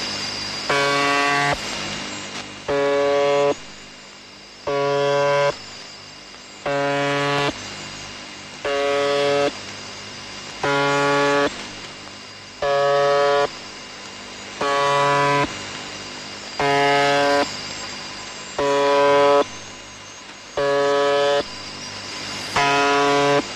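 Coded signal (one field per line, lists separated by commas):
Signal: channel marker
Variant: UVB-76 (The Buzzer)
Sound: harsh low buzz repeating about 11 times, each about one second, over radio hiss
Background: radio static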